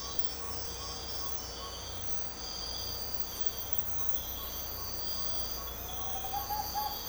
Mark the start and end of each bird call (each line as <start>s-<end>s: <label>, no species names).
0.00s-1.73s: bird call
3.97s-6.95s: bird call